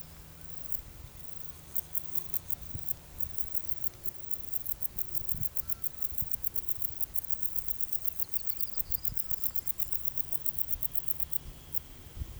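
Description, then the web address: Insect chirping: rapid, evenly spaced high-pitched pulses repeated several times a second throughout, over a low rumbling background. "Insect Set 459"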